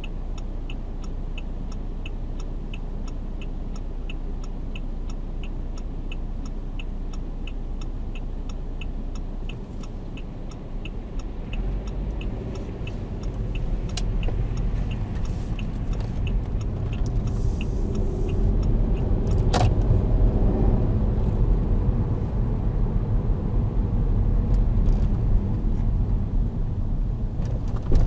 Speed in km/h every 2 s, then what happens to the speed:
0, 0, 0, 0, 0, 12, 17, 15, 22, 34, 40, 37, 30, 20.
0-9 standing. 9-12 pulls away to 17. 15-19 speeds up to 40. 19-28 slows to 20.